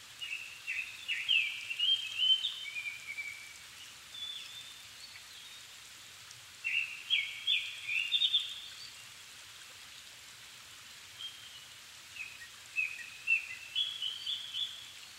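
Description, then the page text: Japanese thrush singing three separate phrases, each a quick jumble of bright, varied whistles and slurred notes, spaced several seconds apart against a continuous soft hiss. Recorded 7 May 2011 at 17:59, altitude 270 m, with a Sony PCM-D50 recorder and Panasonic WM-61A microphone. "kurotugumi 20110507-1759. Turdus cardis [Sounds -Nikko Today-]"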